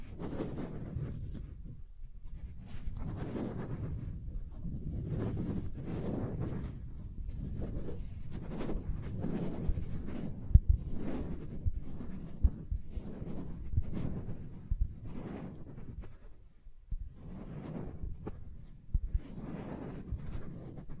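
Soft tracing strokes rub over a surface in slow, repeated sweeps, each a low, breathy swell that rises and fades every second or two. A few sharp little ticks and taps land between strokes, especially after the tenth second, and a brief pause comes near seventeen seconds.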